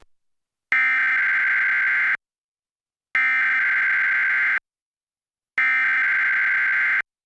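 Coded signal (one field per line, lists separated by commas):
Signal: Emergency Alert System (SAME) tones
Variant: header bursts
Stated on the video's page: EAS alert aired during a local television broadcast.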